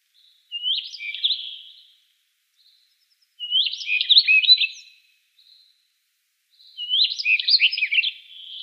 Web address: Schulze Peter Rustic Bunting song